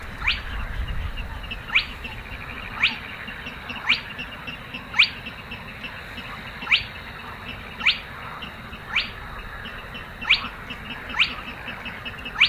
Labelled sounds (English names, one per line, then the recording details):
Spotted Crake song
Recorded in the wild
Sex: male
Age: adult
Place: Kützerhof, Kummerower See, Mecklenburg-Vorpommern, DE
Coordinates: 53.8539, 12.8664
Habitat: wetland
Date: 2009-05-28
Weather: bedeckt, schwacher Wind aus West, ca. 10°C
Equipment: Sound Devices 702, Sennheiser MKH 70, Rycote Windschutz
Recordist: Frommolt, Karl-Heinz
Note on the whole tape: Große Rosin: Rureihen einer Tüpfelralle. Entfernung ca. 20 m